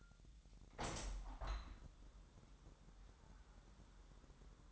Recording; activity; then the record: daily activity, microphone in the room; open window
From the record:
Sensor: 3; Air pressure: 1000.3 hPa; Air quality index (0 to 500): 244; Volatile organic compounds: 155 ppm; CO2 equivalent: 4042 ppm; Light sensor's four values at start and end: 10/23/9/9 and 10/24/10/10